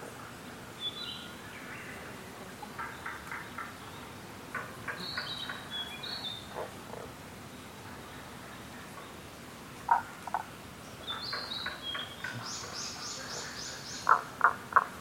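Rana tagoi frogs call in Kasugayama primeval forest over a steady hiss, giving short bursts of quick clicking pulses every few seconds. Higher chirps and brief trills come and go, with the sharpest, loudest clicks near the end.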